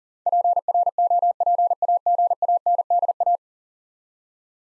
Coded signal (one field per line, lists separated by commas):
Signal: Morse code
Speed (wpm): 38 wpm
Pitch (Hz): 700 Hz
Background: none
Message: PROPAGANDA